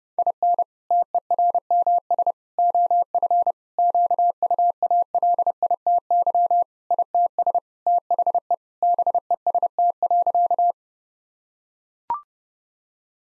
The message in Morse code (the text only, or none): IN TERMS OF QUALITY ITS THE BEST.